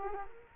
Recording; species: mosquito wingbeat signal from an infrared sensor; Culex quinquefasciatus